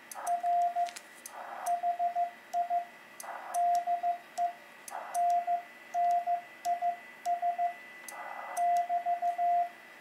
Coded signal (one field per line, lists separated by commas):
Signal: Morse code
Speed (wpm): 15 wpm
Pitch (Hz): 700 Hz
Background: radio noise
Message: R HI DENNIS <BT>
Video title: Portable QSO - Begali Traveler CW Paddle- Bioenno Battery 100W